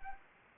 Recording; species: mosquito wingbeat signal from an infrared sensor; Anopheles arabiensis